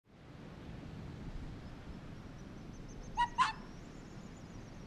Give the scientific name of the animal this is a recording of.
Vulpes lagopus